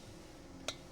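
The other side of the pump assembly's retaining tab on a Coleman Dual Fuel camp stove is pressed into the fuel tank collar. A single sharp, bright click is heard at 0.7 s against a quiet background. The second tab snaps home, and the pump is seated.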